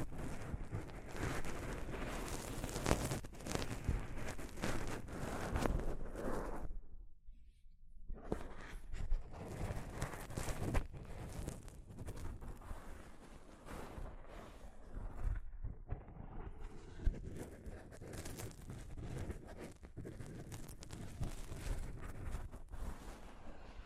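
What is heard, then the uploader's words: Soft fabric brushes against a microphone in dense, rumbling rustles and scrapes, with brief quieter gaps near seven and fifteen seconds. ASMR Mic Brushing using Soft Fabric (No Talking).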